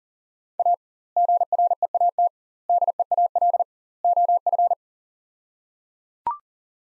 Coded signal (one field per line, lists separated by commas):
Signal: Morse code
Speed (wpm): 37 wpm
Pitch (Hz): 700 Hz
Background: none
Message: A GREAT DEAL OF